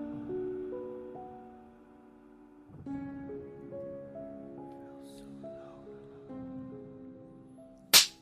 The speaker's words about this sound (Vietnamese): Một cái tát thật mạnh của Long với người vợ đang mang bầu của mình trong một căn nhà nhỏ ở vùng ven biển.